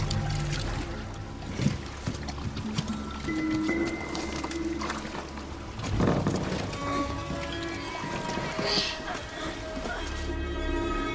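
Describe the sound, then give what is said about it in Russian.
A raft drifts on river water, with steady sloshing and soft trickling splashes running throughout at a moderate level, plus a few brief louder swishes and faint tonal hums underneath. “Плывут по реке.”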